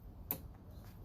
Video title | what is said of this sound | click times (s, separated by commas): Seal FIx In Aluminum Slider Windows Episode 8 | en het is vrij eenvoudig om in te zetten en het is zal een opmerkelijke klik hebben en als je het erin stopt | 0.3 s